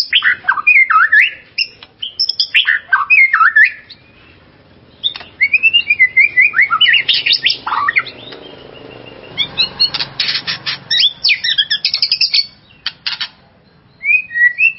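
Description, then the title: White-rumped shama song: varied loud phrases of rich whistles, slurred notes and harsh chatters, delivered in bursts with short gaps. "murai batu"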